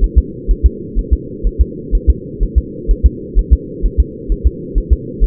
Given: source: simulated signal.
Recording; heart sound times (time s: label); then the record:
fetal heart sounds
0.04 s: S1
0.18 s: S2
0.51 s: S1
0.66 s: S2
0.99 s: S1
1.13 s: S2
1.47 s: S1
1.61 s: S2
1.95 s: S1
2.10 s: S2
2.43 s: S1
2.58 s: S2
2.91 s: S1
3.06 s: S2
3.39 s: S1
3.53 s: S2
3.85 s: S1
4.00 s: S2
4.32 s: S1
4.47 s: S2
4.78 s: S1
4.93 s: S2
5.24 s: S1
From the record:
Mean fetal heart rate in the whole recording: 130 bpm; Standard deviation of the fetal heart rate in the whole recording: 2 bpm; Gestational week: 36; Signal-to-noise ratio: -4.1 dB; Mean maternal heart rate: no maternal heart sound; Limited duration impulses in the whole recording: absent